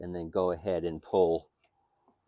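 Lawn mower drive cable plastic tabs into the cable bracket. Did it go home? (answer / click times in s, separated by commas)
yes / 1.6 s, 2.1 s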